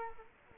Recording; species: mosquito wingbeat signal from an infrared sensor; Culex quinquefasciatus